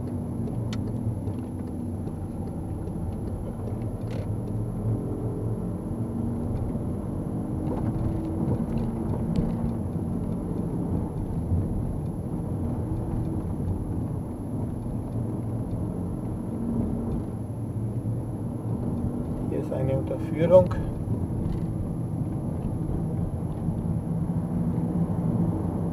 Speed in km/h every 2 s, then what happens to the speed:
21, 25, 29, 33, 35, 32, 27, 27, 28, 33, 32, 39, 41.
0-7 speeds up to 35. 7-15 slows to 27. 15-26 speeds up to 41.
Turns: none.